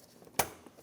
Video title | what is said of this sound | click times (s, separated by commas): How to Replace Throttle Body 2021-2025 Jeep Grand Cherokee 3.6L | Push until you hear a click. Give it a pull. Make sure it's locked on. | 0.4 s